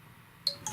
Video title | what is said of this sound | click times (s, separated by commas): The Best Charger Phone Cable Ever!! (Or at least in my opinion...) | get snaps right into place now | 0.5 s